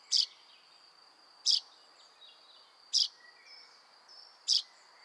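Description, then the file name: Common chaffinch calling with four crisp, abrupt notes spaced roughly one and a half seconds apart, a constant high thin hum running underneath. "Fringilla coelebs"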